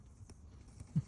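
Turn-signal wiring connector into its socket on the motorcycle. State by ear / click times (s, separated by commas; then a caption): not seated / none. Working one-handed, someone pushes a plastic turn-signal wiring connector, now turned the right way round, into its socket on a motorcycle. Two faint, sharp handling ticks come at 0.3 s and 0.8 s over low background noise, followed by a soft low bump near the end. Nothing has seated or clicked yet.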